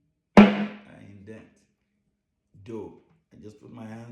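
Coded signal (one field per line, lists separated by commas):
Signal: talking drum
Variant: Yoruba sakara drum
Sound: one loud low drum stroke ringing down, then a few softer pitched, bending strokes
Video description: Playing "Ọsan gangan ni aṣa o gbe" with the Yoruba Orunsha Sakara talking drum by Jammal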